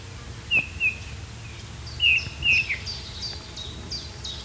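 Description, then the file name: Eurasian bullfinch uttering soft, mellow whistled notes in pairs and a short descending note, with another bird's rapid high chirps repeated in the background. "Pyrrhula pyrrhula"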